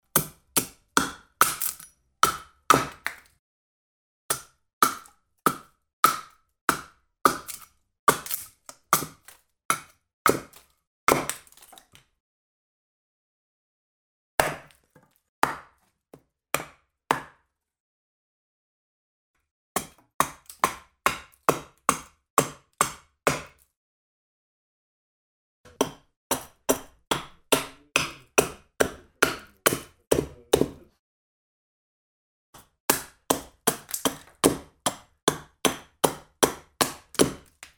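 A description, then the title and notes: Sharp axe strikes land on wood in quick, regular bursts of about a dozen blows, with short silent pauses between sets, crisp. PH - Woodworking, Axe Hits by Phonophilist.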